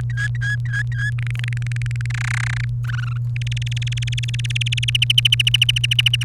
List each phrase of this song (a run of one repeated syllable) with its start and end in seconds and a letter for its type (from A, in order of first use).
0.10-1.10 A, 1.19-2.06 B, 2.10-2.65 C, 2.84-3.17 D, 3.36-4.97 E, 5.02-6.24 F